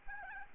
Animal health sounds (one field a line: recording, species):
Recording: mosquito wingbeat signal from an infrared sensor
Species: Aedes albopictus